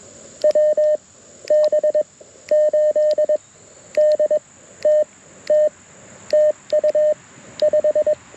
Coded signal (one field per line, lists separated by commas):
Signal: Morse code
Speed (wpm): 22 wpm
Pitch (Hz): 590 Hz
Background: none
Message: WB8DTT TU 5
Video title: Saturday Morning QRP CW POTA Activation - 08/05/2023 @ K-4451